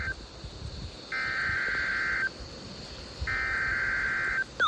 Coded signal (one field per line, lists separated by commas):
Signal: Emergency Alert System (SAME) tones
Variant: header bursts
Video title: KXI42 Required Weekly Test. 6/4/25 EAS #426